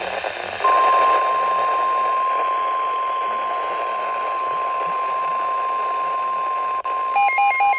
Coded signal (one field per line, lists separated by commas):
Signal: Emergency Alert System (SAME) tones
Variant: 1050 Hz attention tone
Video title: EAS Tornado Warning on KZZ81 NOAA Radio (7/15/2024) EAS #419